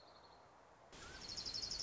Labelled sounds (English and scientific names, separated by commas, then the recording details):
Orange-crowned Warbler (Leiothlypis celata)
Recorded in Sonoma County, California